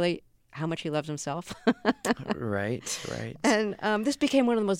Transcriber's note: laughter